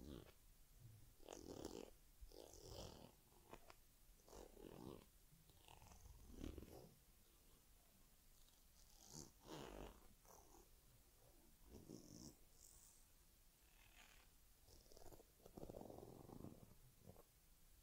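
Teddy gets a head massage and grooming, with soft rustling strokes and brushing sounds repeating every second or two over a low steady purr.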